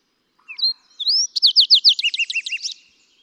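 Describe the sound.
Fox sparrow song opening with short high chips and a whistle, then a fast series of slurred, sweet notes that shift lower near the end.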